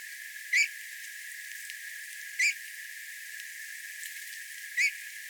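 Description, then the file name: Eurasian bullfinch calls: three soft, piping whistles spaced about two seconds apart over faint hiss. "Pyrrhula pyrrhula"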